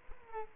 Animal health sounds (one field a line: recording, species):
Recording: mosquito wingbeat signal from an infrared sensor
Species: Aedes aegypti